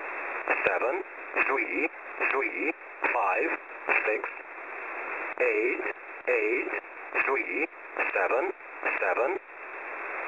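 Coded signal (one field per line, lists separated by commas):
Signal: numbers station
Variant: English Man, English voice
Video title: "English Man" number station at 14472 kHz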